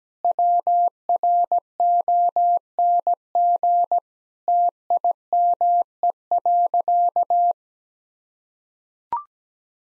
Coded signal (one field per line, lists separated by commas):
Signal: Morse code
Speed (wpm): 17 wpm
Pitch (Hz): 700 Hz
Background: none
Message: WRONG TIME.